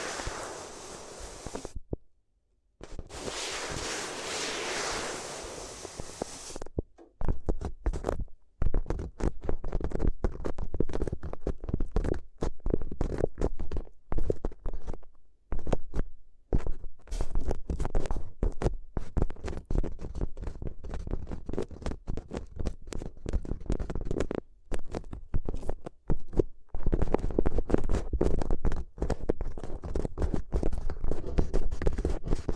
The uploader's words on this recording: ASMR If You Had Paper Ears (No Talking).